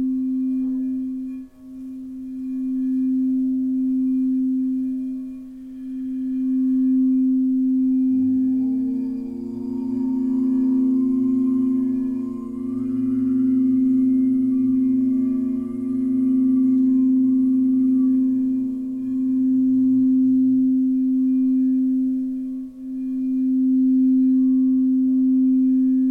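A singing bowl rings with a steady, pure mid-low tone that swells and fades in slow pulses every few seconds. Around eight seconds a second, lower tone joins beneath it with a faint buzzing shimmer, then drops away near twenty-one seconds.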